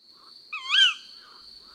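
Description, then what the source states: Tawny Owl call: a single shrill, rising and falling screech lasting about half a second, over a steady high background tone. Female calling; speaker does not know why she calls.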